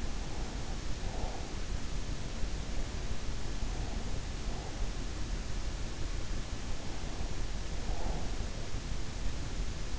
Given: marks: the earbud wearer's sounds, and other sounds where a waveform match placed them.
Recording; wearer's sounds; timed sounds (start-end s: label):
sounds in sleep by an in-ear microphone; breath
0.00-1.91 s: breath
7.14-8.71 s: breath